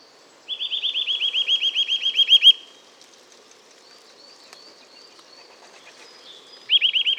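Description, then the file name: Eurasian nuthatch giving a fast, ringing series of upslurred notes for about two seconds, then starting again near the end; faint high calls of other birds between. "Sitta europaea"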